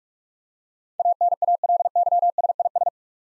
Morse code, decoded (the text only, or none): ANALYSIS